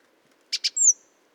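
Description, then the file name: Great tit call: one phrase of two quick harsh clicks leading into a high, thin whistle that slides downward. "Parus major"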